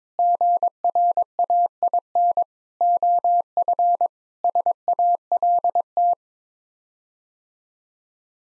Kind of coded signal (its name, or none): Morse code